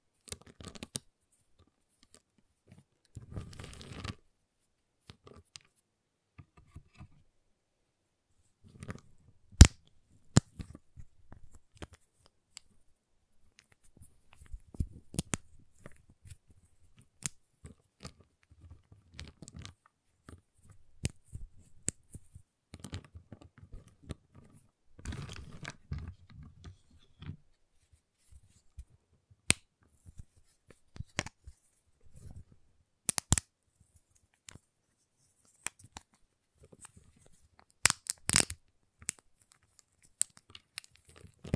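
Sharp taps, cuts and snaps on a giant chocolate bar come in scattered bursts and single clicks, with quiet gaps between them throughout.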